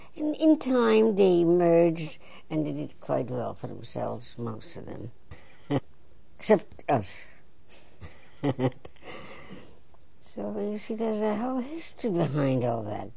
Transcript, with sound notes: In time they emerged, and they did quite well for themselves, most of them. Except us. ( she laughs ) So, you see, there's a whole history behind all that.